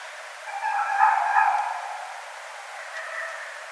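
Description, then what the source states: Red fox calling with one drawn-out, wavering wail lasting about a second and a half, followed by a shorter, fainter cry; otherwise quiet. Recorded at night on 20 January 2012.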